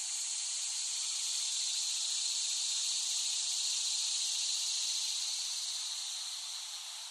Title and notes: cicadas made by Dan Bodah in West Brighton, Staten Island, late summer 2008